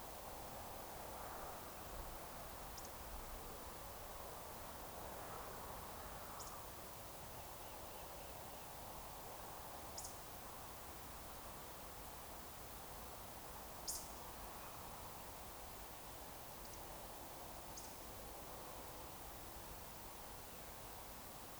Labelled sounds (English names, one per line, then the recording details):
Eurasian Woodcock
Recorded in Baden-Württemberg, Germany, on 30 June 2020 at 02:26 UTC
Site 43791, 788 m above sea level